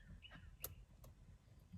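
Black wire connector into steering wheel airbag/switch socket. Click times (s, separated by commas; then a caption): 0.6 s. A black wire connector at the top of an Alcantara steering wheel being installed on a Dodge Charger is pushed into its socket. It seats with a sharp click at 0.6 s, followed by a fainter tick at 1.0 s over a low background rumble. The connector is fully seated.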